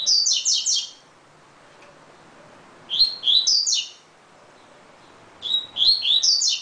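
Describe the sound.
Double-collared seedeater singing three short bursts of high, rapid, slurred whistles and chirps, each lasting about a second, with quiet gaps between.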